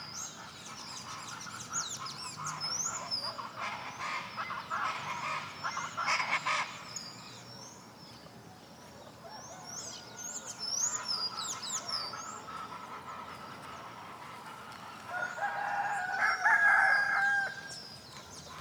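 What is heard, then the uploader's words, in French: Early morning outdoor ambience in Bonito, Brazil, with many chirping birds, a low steady rumble, and a vehicle-like squeal near the end. Ambiance matinale, à Bonito (BR). Paysage sonore enregistré le 18 septembre 2015, tôt le matin, à Bonito dans le Pantanal Sud au Brésil.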